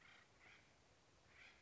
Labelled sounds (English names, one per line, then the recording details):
Acorn Woodpecker
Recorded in Sonoma County, California